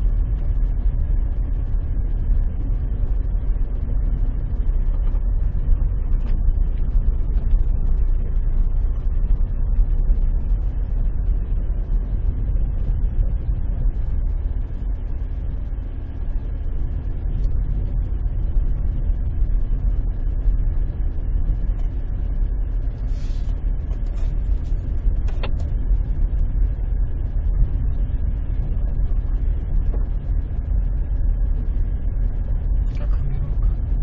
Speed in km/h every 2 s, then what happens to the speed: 8, 8, 7, 7, 7, 9, 9, 9, 9, 10, 10, 9, 9, 10, 9, 10, 9.
0-34 steady at about 9.